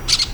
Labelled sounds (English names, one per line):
Brown-throated Parakeet contact call